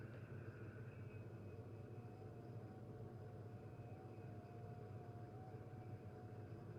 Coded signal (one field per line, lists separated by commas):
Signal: FT8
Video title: Real time FT8 session on 20m (AKA Watching Paint Dry) #1